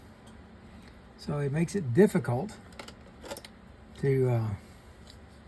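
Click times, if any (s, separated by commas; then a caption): none. Someone talks while a tight-fitting, slightly flared metal part of a Shimano Quick Fire II TX-120Q spinning fishing reel is worked against its mating reel part, the flare making the two hard to fit together. Only faint handling ticks are heard around 2.8 s and 3.4 s. Nothing has seated or popped into place yet.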